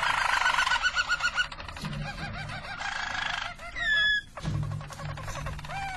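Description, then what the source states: Harz Roller canary song: fast rolling trill, a short bubbling phrase, then sweeping downward glides. Belgian Harz Roller canary song.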